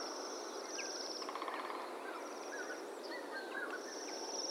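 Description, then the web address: Bohemian waxwing: high trilled calls of Bohemian waxwings, three thin buzzy trills spaced throughout, with scattered short chirps and background hiss. "sound Bohemian-waxwing. صدای-پرنده-بال-لاکی-بوهمی"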